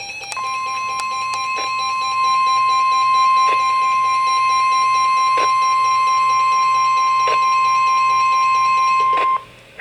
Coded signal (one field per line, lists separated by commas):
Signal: Emergency Alert System (SAME) tones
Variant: 1050 Hz attention tone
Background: music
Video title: 8/28/2023: Hurricane Warning for Hurricane Idalia (EAS #784)